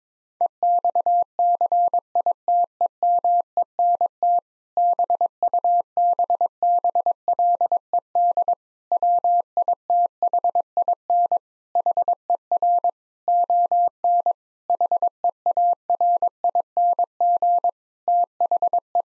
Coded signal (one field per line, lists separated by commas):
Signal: Morse code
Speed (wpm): 22 wpm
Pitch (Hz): 700 Hz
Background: none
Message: EXCITEMENT BUBBLED WITHIN HER ON HEARING THE